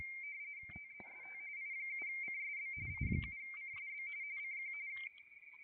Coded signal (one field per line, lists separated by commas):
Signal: RTTY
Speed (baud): 45.45 baud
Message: TEST I7CSB I7CSB CQ